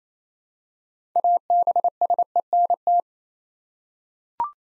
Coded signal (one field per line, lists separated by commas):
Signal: Morse code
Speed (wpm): 27 wpm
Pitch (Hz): 700 Hz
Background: none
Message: ABSENT